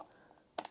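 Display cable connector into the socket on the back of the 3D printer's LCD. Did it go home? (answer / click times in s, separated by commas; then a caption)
yes / 0.6 s. A ribbon display cable connector, aligned by its keyed indents on the left and right, is pushed into the socket on the back of an Elegoo Centauri Carbon 3D printer's LCD screen. A sharp click at 0.6 s is followed by softer ticks at 0.7 s and 0.8 s. The connector is seated and locked in.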